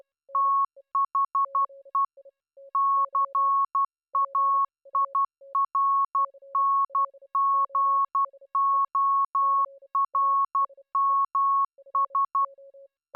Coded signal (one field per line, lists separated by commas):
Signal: Morse code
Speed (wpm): 12 wpm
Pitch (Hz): 1100 Hz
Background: none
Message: THE CAIRNGORMS